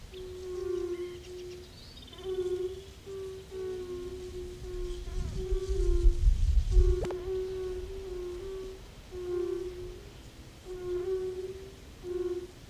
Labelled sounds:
Fire-Bellied Toad call

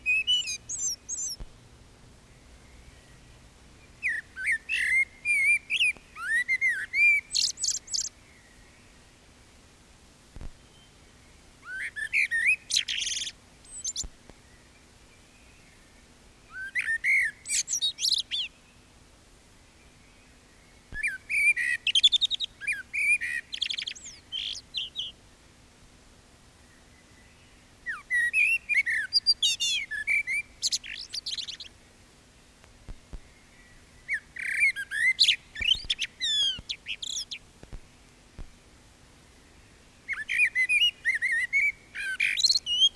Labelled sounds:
Common Blackbird song

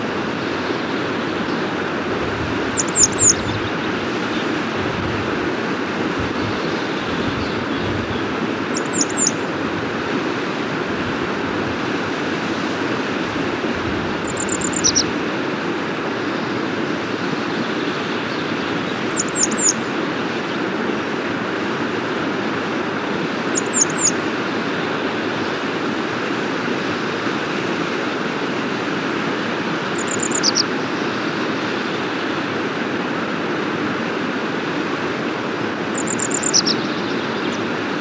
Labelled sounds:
Grey Wagtail song

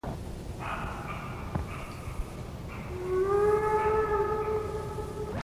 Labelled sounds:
Western Roe Deer call

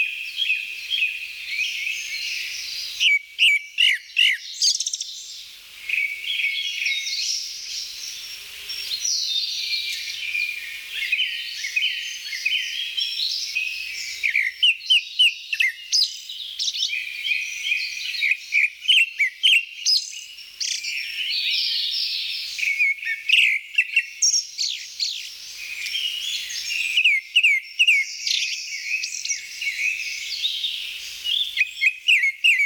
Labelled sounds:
Grey-backed Thrush song

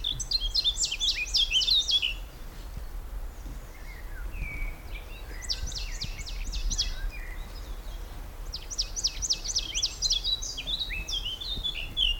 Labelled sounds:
Eurasian Blackcap

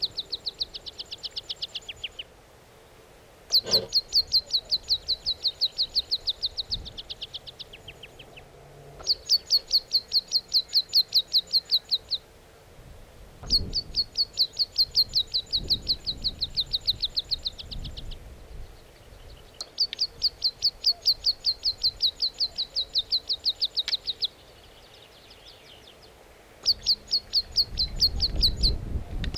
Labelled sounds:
Meadow Pipit

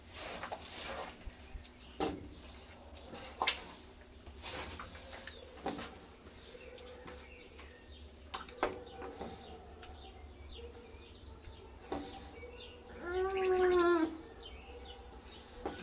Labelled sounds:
Baikal Seal call

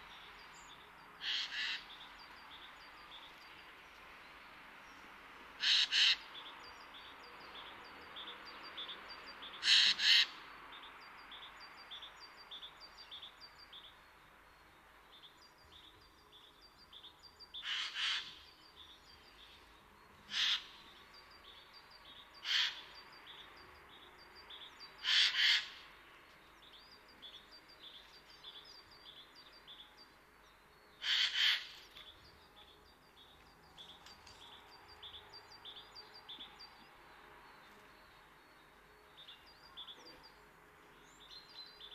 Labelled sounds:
Eurasian Jay song

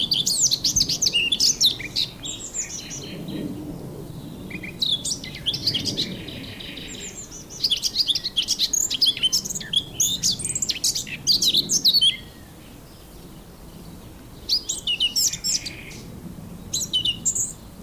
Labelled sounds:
Eurasian Blackcap song

